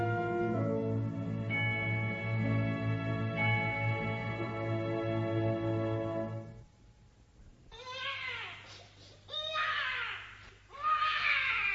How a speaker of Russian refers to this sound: Что это? Кто-то плачет.